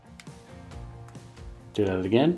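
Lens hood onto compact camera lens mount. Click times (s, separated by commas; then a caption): 0.2 s. A square metal lens hood is twisted onto the lens bayonet of a compact camera until it locks, giving a sharp click at 0.2 s as it seats. Softer ticks follow, and someone talks near the end over faint background music.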